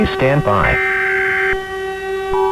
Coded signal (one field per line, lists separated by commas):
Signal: Emergency Alert System (SAME) tones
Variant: header bursts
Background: speech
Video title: EAS Scenario #4: World War III: Collateral Damage (Part 6)